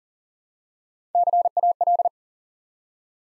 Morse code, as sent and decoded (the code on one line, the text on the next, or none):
-.-. .- .-..
CAL